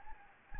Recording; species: mosquito wingbeat signal from an infrared sensor; Anopheles gambiae